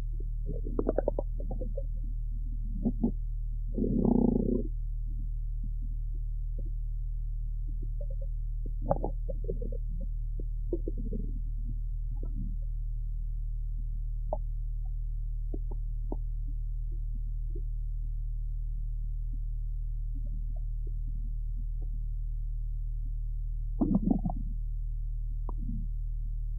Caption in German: Oftmals dominieren bei der Lungenauskultation junger und erwachsener Pferde, wie im folgenden Beispiel, die lauten Darmgeräusche und lassen die leiseren Lungengeräusche so kaum hörbar werden.